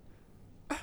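An adult man gives a single small, light cough, a deliberate imitation he calls a 'little girl cough', after a quiet stretch.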